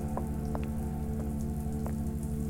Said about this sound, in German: Im Bad ist nichts Besonderes, außer dass das Wasser in der Dusche noch läuft. Ich hab's jetzt abgestellt.